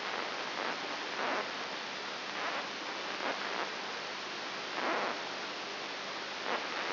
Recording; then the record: brain microelectrode recording played as sound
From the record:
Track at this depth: inside the subthalamic nucleus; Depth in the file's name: 3.701 mm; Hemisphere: right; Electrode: 3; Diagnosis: Parkinson's disease